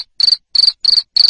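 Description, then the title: Cricket chirps, four short buzzy pulses of several quick beats each, spaced about a third of a second apart. Loud cricket chirping used to stimulate lovebirds into continuous singing (ngekek). "Suara JANGKRIK NGERIK Keras Bikin LOVEBIRD Jadi NGEKEK Terus"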